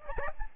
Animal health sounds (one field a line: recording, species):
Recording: mosquito wingbeat signal from an infrared sensor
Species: Aedes albopictus